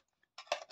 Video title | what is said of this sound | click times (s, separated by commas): Lunch Box For Children #unboxing #viral #hawkins #bajaj #shopping | इधर रोटी हो गया, यहाँ से बंद करेंगे, लॉक हो गया। | 0.5 s